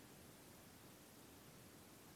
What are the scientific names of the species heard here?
none